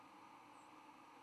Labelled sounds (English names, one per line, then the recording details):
White-throated Sparrow flight call
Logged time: 07:22 on 10 November 2014